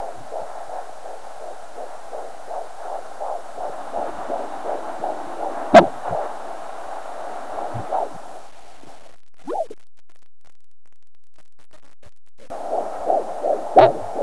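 Rapid, regular whooshing pulses of a fetal heartbeat picked up by a Doppler monitor during pregnancy, with a few loud handling clicks. The signal drops out for about four seconds, then returns. A normal fetal heartbeat.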